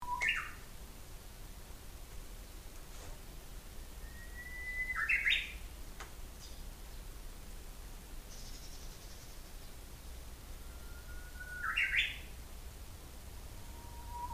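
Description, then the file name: Japanese bush warbler song: a long steady whistle leading into a quick rising flourish, heard twice in full, with the end of another song at the start and a new whistle beginning at the end. Recorded 16 April 2007. "uguisu 070416"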